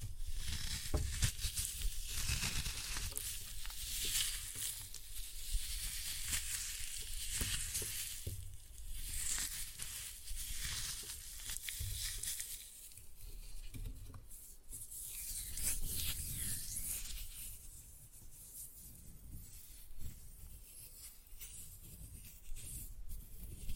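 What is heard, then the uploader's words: Floral foam is crushed close up in a steady stream of dry, crackling crunches and rubbing, with soft low thumps from handling underneath. The crumbling stays dense throughout, easing slightly past the midpoint before a louder burst of crushing around fifteen seconds. Floral Foam Glitter Bomb Crushing.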